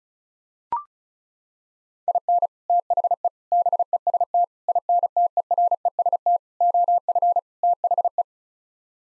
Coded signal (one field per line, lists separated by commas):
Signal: Morse code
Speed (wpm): 36 wpm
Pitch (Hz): 700 Hz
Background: none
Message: IN THE BEST INTEREST OF THE